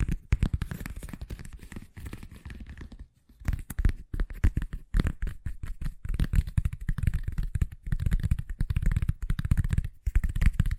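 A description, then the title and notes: Fast tapping runs almost without pause, a dense stream of quick, uneven knocks with a dull low thud under each. A brief gap near three seconds breaks the flow, then the tapping resumes in busy bursts that swell and ease until the end. ASMR Braingasm Inducing Fast Tapping (No Talking).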